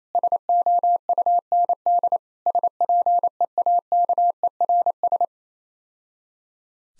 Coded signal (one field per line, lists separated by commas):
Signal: Morse code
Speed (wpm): 27 wpm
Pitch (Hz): 700 Hz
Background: none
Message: SOUND SPEAKERS